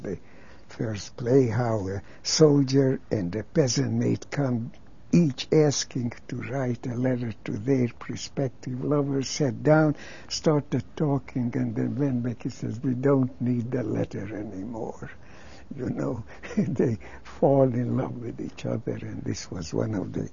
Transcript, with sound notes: The first play, how a soldier and a peasant may come, each asking to write a letter to their perspective lover, sat down, started talking, and they went back, they said, "We don't need the letter any more." You know? ( he laughs ) And they fall in love with each other, and this was one of the